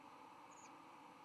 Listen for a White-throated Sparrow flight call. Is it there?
no